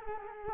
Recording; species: mosquito wingbeat signal from an infrared sensor; Culex quinquefasciatus